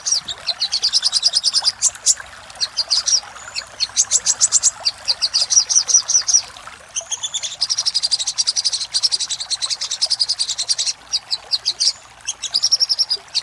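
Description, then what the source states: Little spiderhunter song: rapid strings of thin, high chips repeated in steady bursts, some runs longer than others. Master recording for training cage birds.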